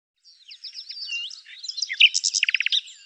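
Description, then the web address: Bird song: a continuous high, twittering warble of slurred chirps that grows louder and ends in a fast, even series of rapid notes. "birddata Deverinetal 2025 Bird Lu Me"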